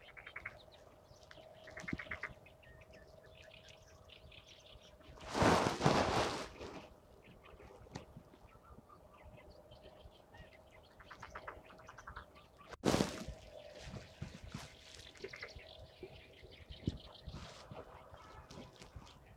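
Birds call in a natural setting, with short chirps and trills scattered throughout over a low, steady hum. Around five to six seconds a loud rushing burst, like flapping wings, swells and fades, and a sharp crack sounds near thirteen seconds.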